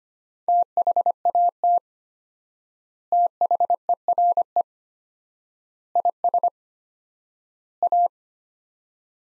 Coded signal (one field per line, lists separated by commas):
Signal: Morse code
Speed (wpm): 25 wpm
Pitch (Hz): 700 Hz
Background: none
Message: THAT THERE IS A